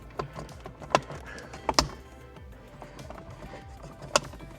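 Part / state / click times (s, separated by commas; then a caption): plastic trim cover clips into the vehicle's overhead console panel / seated / 0.9 s, 1.8 s, 4.2 s. A plastic trim cover is pressed back onto a car's overhead console panel after a dash cam cable is routed up into the slot. Sharp plastic snaps are heard at 1.0, 1.8 and 4.2 seconds, with fainter clicks in between, as the clips pop in and the cover seats in place.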